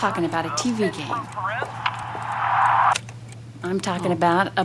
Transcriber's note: sound of TV being turned